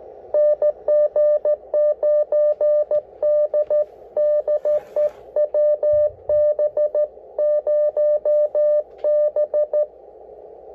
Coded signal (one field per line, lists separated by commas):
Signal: Morse code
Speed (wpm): 16 wpm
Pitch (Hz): 600 Hz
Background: none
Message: NG9D DE WB0B